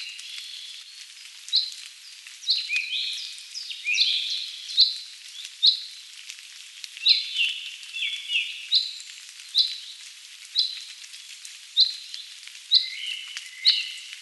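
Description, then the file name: Common chaffinch: many short bright notes in irregular bursts, some sliding down, with sharp clicks. "Fringilla coelebs"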